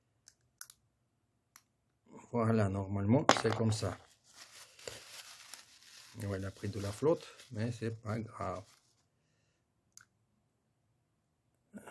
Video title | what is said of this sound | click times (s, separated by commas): VEEV Philip Morris économique ? comment recharger capsule de veev , écologique | Ça clipse pas bien. | none